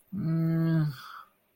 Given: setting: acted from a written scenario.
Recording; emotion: vocal sound without words; shame